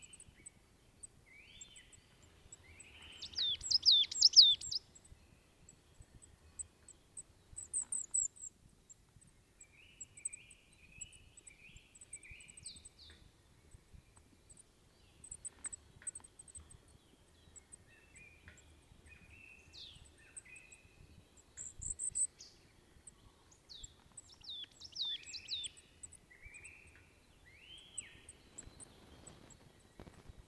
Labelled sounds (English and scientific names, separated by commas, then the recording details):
Marsh Tit (Poecile palustris) song
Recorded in the wild
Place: Kaiserslautern, Rheinland-Pfalz, DE
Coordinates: 49.4266, 7.7795
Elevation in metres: 295
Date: 1977-03-12
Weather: cloudy, cool
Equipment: Nagra IV, Sennheiser MKH 405, Parabolreflektor
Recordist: Tretzel, Erwin